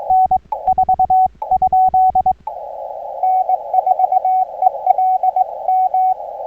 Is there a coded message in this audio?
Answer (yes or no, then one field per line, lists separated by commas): yes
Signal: Morse code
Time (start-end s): 0.1-6.1 s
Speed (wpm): 22 wpm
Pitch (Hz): 750 Hz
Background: radio noise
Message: N4? N4ELM